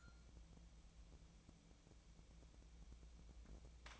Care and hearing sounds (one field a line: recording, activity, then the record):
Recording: daily activity, microphone in the room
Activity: take from stove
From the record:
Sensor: 1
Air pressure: 1000.0 hPa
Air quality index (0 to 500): 134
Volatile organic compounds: 2 ppm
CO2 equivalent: 1269 ppm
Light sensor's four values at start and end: 42/106/45/56 and 42/107/45/56